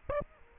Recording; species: mosquito wingbeat signal from an infrared sensor; Aedes aegypti